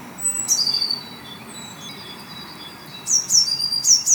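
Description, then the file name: Eurasian blue tit: high, downslurred chirping notes at the start, a quiet pause, then a fresh burst of a few sharp high notes near the end. "Cyanistes caeruleus"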